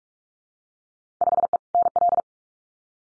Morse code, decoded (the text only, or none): 5E NL